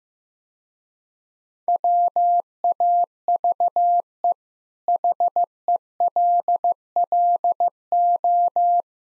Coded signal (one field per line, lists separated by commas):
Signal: Morse code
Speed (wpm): 15 wpm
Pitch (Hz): 700 Hz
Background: none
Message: WAVE HELLO